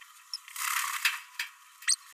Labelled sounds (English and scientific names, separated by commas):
Green-rumped Parrotlet (Forpus passerinus) babbling